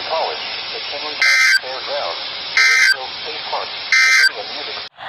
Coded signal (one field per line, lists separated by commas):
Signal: Emergency Alert System (SAME) tones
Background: speech